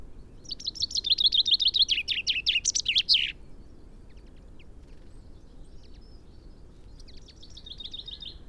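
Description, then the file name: Common chaffinch song: a full descending run of high notes ending in a flourish, then after a pause a shorter, softer fragment of the phrase. "Fringilla coelebs"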